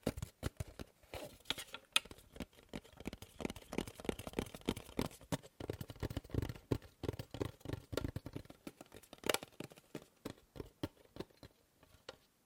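Tapping on objects in quick, uneven bursts, some taps dense and rapid, others spaced out. The knocks are short and dry with a thudding low end and a crisp click on top. After about ten seconds the taps thin out into slower, separate hits.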